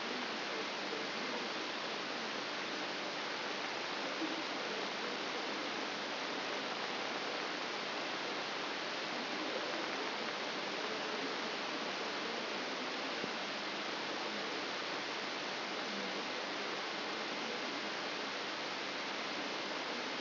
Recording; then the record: brain microelectrode recording played as sound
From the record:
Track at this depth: inside the subthalamic nucleus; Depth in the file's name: 4.502 mm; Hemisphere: left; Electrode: 3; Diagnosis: Parkinson's disease